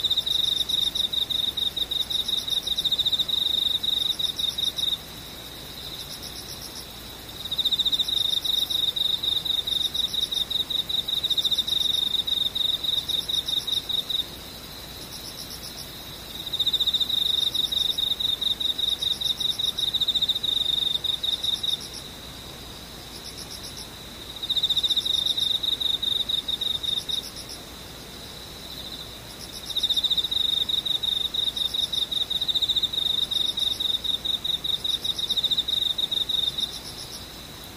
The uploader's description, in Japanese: ムシ